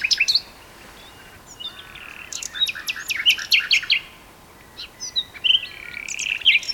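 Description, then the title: Common nightingale song: short chirps, then a loud phrase of repeated liquid notes, a pause, and further whistled and chattering phrases. Two nightingales singing in a duet on Westleton Heath. "sanderson. nightingale duet on westleton heath"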